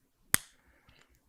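A snap-on cap is pushed onto the body of a plastic fountain pen and snaps shut with one sharp, bright click at 0.3 s, followed by a brief ringing tail and faint, quieter handling sounds. The cap is seated.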